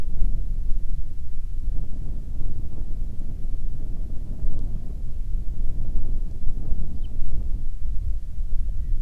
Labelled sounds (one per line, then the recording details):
songbird
wind
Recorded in the Arctic National Wildlife Refuge, Alaska, on 1 June 2019 at 16:03
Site 37